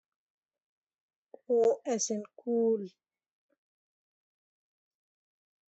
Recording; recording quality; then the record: sustained vowel as in boot; poor, much background noise or distortion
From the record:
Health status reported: healthy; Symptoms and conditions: none ticked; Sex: female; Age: 49 years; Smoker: not ticked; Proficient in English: yes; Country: India